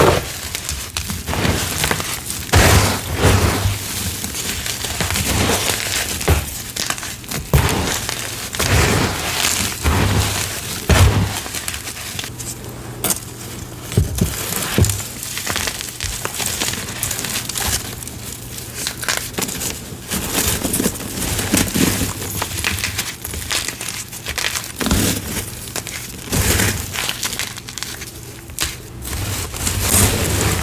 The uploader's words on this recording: Gym Chalk Reformed Slabs + Intense Powder Play. Crispy gritty crunchy reformed gym chalk crumbles and oddly satisfying asmr sounds.